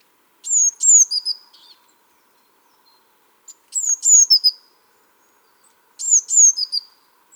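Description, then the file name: Eurasian blue tit: three separate bursts of sharp, very high, falling notes, each burst of several notes, spaced a few seconds apart. "Cyanistes caeruleus"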